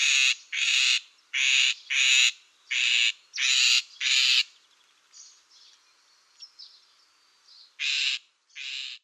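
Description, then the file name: Great grey shrike giving harsh, rasping squawks, seven in a quick run, a pause with faint scratchy notes, then two more. "srokosz"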